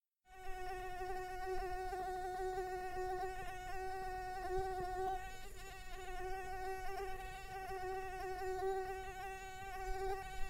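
Insect buzz starting after a short silence, then a continuous, even whine with many harmonics that barely shifts in pitch throughout.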